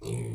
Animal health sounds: pig call; weaner (32 to 43 days)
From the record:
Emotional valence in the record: negative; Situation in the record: novel object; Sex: female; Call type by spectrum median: low-frequency call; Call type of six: low-frequency stable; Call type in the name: low-frequency stable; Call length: 0.35 s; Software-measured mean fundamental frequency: 56 Hz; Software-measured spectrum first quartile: 128 Hz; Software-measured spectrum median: 335 Hz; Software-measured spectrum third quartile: 1237 Hz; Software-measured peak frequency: 123 Hz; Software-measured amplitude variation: 108 dB a second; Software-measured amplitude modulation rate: 31.5 a second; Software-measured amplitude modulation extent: 3.4 dB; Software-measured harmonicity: 11.0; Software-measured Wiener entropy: -2.34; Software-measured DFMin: 1058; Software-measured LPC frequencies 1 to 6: 326, 2295, 3605, 4366, 5719, 7893 Hz

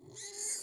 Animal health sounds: pig call; weaner (32 to 43 days)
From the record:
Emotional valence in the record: negative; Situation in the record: restrain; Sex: male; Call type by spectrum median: high-frequency call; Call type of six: high-frequency stable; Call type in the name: high-frequency stable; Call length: 0.63 s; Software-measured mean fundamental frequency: 395 Hz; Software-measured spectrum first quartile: 5490 Hz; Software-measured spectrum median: 7096 Hz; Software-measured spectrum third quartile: 8406 Hz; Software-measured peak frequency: 8415 Hz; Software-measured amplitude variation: 109 dB a second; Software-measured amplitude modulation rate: 23.1 a second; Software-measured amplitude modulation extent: 4.7 dB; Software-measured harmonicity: 3.0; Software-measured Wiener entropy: -2.77

